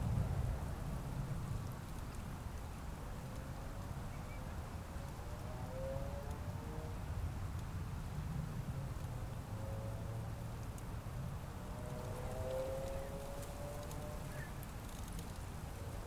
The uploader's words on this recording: Open Moorland | New Forest National Park. This binaural field recording takes you to the heat of the British countryside in summer. The bees buzz and the sounds of the famous new Forest ponies on a gentle breeze.